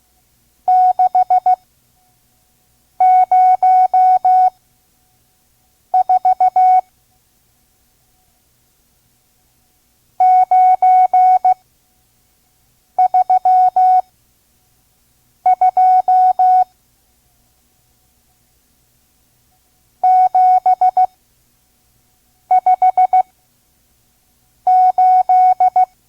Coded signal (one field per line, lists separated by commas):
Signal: Morse code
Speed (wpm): 16 wpm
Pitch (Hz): 740 Hz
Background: none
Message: 604 932 758